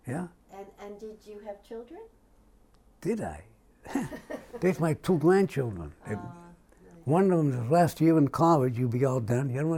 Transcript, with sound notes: Yeah.
And did you have children?
Did I? [laughs] There's my two grandchildren, there. One of 'ems last year in college, he'll be all done here.